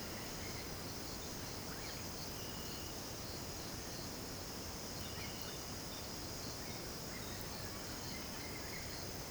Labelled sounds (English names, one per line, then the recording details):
none
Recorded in pastures near Puerto Asís, Putumayo, Colombia, on 21 March 2025 at 18:00
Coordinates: 0.486, -76.323
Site G075